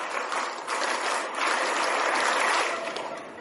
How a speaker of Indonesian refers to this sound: Halo, coba semuanya, tepuk satu. Alah kayak gini, kompak gimana. Tepuk satu, tepuk dua, tepuk tiga. Tepuk pramuka.